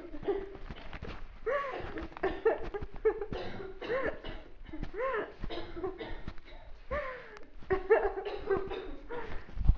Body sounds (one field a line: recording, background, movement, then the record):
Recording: laughter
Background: a bystander coughing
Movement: walking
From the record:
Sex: female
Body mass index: 18.8 kg/m2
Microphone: on the chest, facing outward